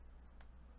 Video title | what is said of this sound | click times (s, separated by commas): M1 Macbook Air Not Charging Repair - Easy Charging Port Loose Fix | Oh, you heard that click? Oh, it's satisfying. | 0.4 s